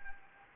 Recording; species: mosquito wingbeat signal from an infrared sensor; Anopheles gambiae